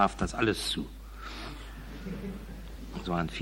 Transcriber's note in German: Lachen im Publikum